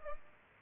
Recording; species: mosquito wingbeat signal from an infrared sensor; Aedes albopictus